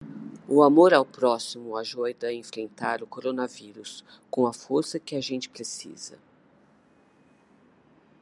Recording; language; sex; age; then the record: spoken sentence; Brazilian Portuguese; female; 60 to 69 years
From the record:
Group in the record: control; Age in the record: 60 years